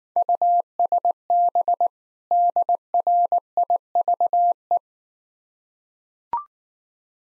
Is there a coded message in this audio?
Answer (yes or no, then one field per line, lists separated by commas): yes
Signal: Morse code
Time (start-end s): 0.2-4.8 s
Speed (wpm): 18 wpm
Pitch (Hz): 700 Hz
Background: none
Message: USB DRIVE